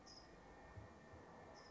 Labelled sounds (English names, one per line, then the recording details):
California Towhee
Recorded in Sonoma County, California